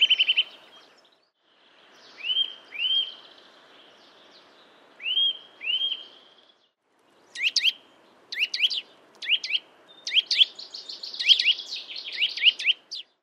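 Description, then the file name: Eurasian nuthatch calls: a few clear upslurred whistled notes, then bursts of sharp, fast repeated chirps and trills high in pitch, with gaps between phrases. "Boomklever"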